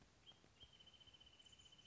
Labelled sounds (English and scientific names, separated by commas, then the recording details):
Wrentit (Chamaea fasciata)
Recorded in Sonoma County, California